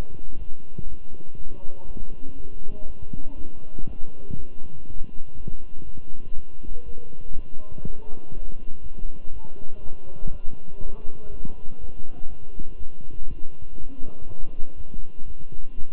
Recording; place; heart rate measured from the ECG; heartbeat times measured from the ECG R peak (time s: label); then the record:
heart sounds by stethoscope; between the tricuspid and mitral areas; 121 bpm
0.38 s: heartbeat
0.87 s: heartbeat
1.37 s: heartbeat
1.87 s: heartbeat
2.36 s: heartbeat
2.86 s: heartbeat
3.36 s: heartbeat
3.86 s: heartbeat
4.36 s: heartbeat
4.86 s: heartbeat
5.36 s: heartbeat
5.85 s: heartbeat
6.34 s: heartbeat
6.84 s: heartbeat
7.34 s: heartbeat
7.84 s: heartbeat
8.33 s: heartbeat
8.82 s: heartbeat
9.32 s: heartbeat
9.82 s: heartbeat
10.31 s: heartbeat
10.80 s: heartbeat
11.30 s: heartbeat
11.79 s: heartbeat
12.28 s: heartbeat
12.78 s: heartbeat
13.28 s: heartbeat
13.78 s: heartbeat
14.27 s: heartbeat
14.76 s: heartbeat
15.26 s: heartbeat
15.76 s: heartbeat
From the record:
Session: walking at 3.7 km/h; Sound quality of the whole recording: good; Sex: male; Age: 23 years